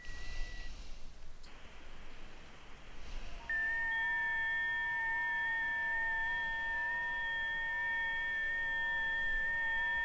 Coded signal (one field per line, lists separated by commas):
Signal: FT8